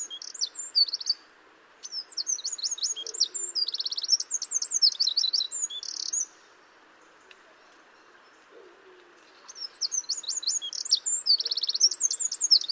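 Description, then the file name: Eurasian wren singing fast, piercing trilled phrases, pausing several seconds, then resuming with another rapid high-pitched burst. "Troglodytes troglodytes"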